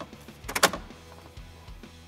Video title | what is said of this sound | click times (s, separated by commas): COBB Tuning - AskCOBB Episode 2 - BMW Misfire Diagnosis and Repair | and then it should snap right in | 0.6 s